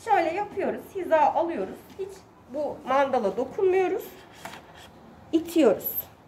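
Someone talks while handling a plastic circuit or chamber fitting onto an Inspirent high-flow oxygen therapy device during setup, with brief handling noises between the words. The part has not yet seated or clicked into place by the end of the clip.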